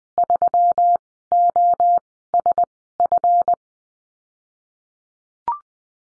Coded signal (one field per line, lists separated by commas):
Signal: Morse code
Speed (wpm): 20 wpm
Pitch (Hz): 700 Hz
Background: none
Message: 3OSF